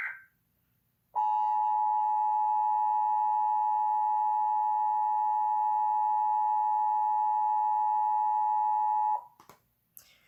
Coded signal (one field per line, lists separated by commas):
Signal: Emergency Alert System (SAME) tones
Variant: 853 and 960 Hz attention tone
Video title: CHRISTIANFanons in Simple Celebrities Episode #2: EAS Scenario- The Global Wildfire (YouTube Upload)